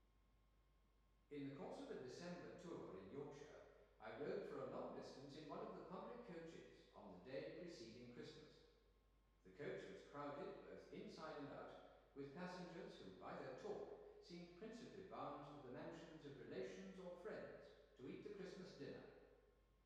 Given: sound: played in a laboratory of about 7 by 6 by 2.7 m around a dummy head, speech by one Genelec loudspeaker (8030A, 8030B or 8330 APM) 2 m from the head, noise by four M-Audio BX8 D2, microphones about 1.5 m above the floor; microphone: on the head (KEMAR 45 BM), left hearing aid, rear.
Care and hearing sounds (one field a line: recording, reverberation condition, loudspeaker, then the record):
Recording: male speech in English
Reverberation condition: high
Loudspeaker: 60 degrees to the right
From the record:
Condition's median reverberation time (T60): about 1300 ms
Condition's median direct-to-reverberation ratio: about -4.0 dB